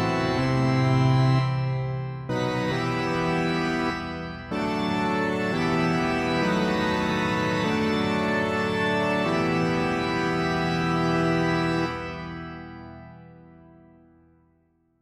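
A pipe organ plays sustained, full chords that shift every second or two, with new chords entering sharply around 2 and 4.5 seconds. The sound is dense and rich, with a deep low end and bright upper tones. After about 12 seconds it stops and rings away into silence.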